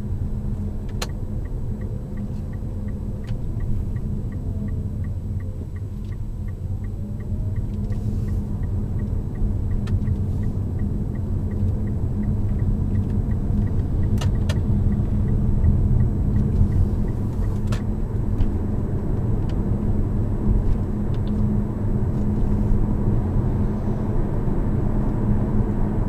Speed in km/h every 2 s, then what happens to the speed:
24, 24, 20, 16, 25, 29, 29, 27, 20, 37, 42, 46, 50.
2-5 slows to 16. 5-11 speeds up to 29. 11-16 slows to 20. 16-26 speeds up to 50.